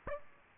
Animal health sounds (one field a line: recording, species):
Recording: mosquito wingbeat signal from an infrared sensor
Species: Aedes aegypti